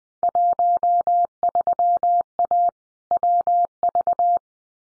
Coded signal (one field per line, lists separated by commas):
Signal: Morse code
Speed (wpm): 20 wpm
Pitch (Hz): 700 Hz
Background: none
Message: 13A WV